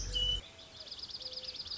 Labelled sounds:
Mourning Dove

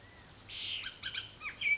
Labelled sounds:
Bullock's Oriole

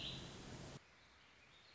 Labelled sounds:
Warbling Vireo

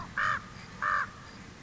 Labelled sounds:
Common Raven

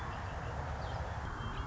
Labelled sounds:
Red-winged Blackbird

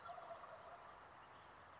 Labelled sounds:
California Towhee

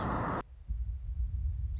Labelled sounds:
Song Sparrow

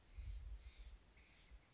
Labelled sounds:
Steller's Jay

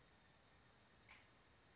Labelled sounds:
California Towhee

